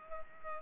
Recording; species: mosquito wingbeat signal from an infrared sensor; Culex pipiens